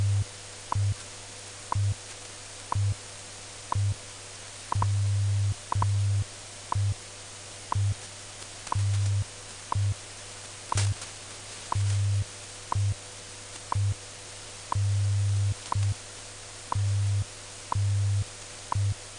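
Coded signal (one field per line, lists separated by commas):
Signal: radio time signal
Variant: WWV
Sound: short click each second over a low hum switching on and off in long and short pulses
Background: radio static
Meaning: Each tick marks one second; the low pulse lengths encode the time code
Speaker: this is radio station wwv fort collins colorado broadcasting on internationally allocated standard carrier frequencies of 2.5 5 10 15 and 20 megahertz providing time of day standard time interval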